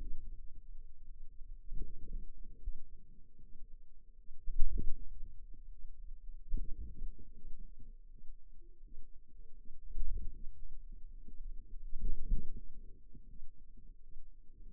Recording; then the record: forearm muscle sounds (acoustic myography)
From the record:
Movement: wrist extension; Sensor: system 2, bracelet of six BSWA MPA416 microphones around the upper forearm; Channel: 2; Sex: female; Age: 23 years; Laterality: right